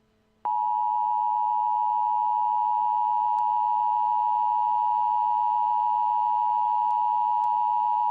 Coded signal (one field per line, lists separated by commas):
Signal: Emergency Alert System (SAME) tones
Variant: 853 and 960 Hz attention tone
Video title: EAS Scenario: The Memorial Day Massacure